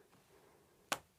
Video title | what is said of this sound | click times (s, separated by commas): Välinge - TISE Virtual Segment - For Review Only | you just click it together the tongue will flex in and out and will perfectly lock the panels in position you hear this click sound that provides you feedback that the panel is properly installed | 0.9 s